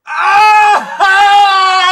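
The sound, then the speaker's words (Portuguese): A loud, piercing, echoing scream held at a steady high pitch, broken by a brief catch before a second long, sustained wail. “à meia-noite, se ouve um grito lancinante ecoando em todo o reino.”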